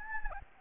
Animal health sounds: mosquito wingbeat signal from an infrared sensor; Anopheles gambiae

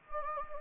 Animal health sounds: mosquito wingbeat signal from an infrared sensor; Anopheles gambiae

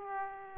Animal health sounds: mosquito wingbeat signal from an infrared sensor; Aedes aegypti

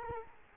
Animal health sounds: mosquito wingbeat signal from an infrared sensor; Culex quinquefasciatus

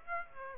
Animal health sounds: mosquito wingbeat signal from an infrared sensor; Aedes aegypti

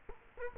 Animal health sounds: mosquito wingbeat signal from an infrared sensor; Culex quinquefasciatus

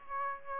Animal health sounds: mosquito wingbeat signal from an infrared sensor; Aedes aegypti

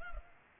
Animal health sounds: mosquito wingbeat signal from an infrared sensor; Culex pipiens

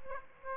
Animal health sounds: mosquito wingbeat signal from an infrared sensor; Aedes aegypti

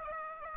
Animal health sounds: mosquito wingbeat signal from an infrared sensor; Aedes aegypti

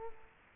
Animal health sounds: mosquito wingbeat signal from an infrared sensor; Culex quinquefasciatus

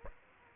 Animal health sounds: mosquito wingbeat signal from an infrared sensor; Aedes aegypti

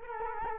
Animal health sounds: mosquito wingbeat signal from an infrared sensor; Culex quinquefasciatus

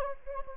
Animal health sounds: mosquito wingbeat signal from an infrared sensor; Anopheles gambiae

